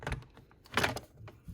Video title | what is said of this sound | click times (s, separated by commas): Saeco Odea Go - Changement Joints arrivée d'eau | jusqu au clic et on n'est pas le gros est en place on va pouvoir remettre le | 0.8 s